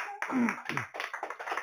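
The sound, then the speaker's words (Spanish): A church audience breaks into applause for God during a sermon, many hands clapping in a dense, steady patter of sharp bursts, with a couple of brief voiced exclamations mixed in near the start. “Denle un aplauso a Él.”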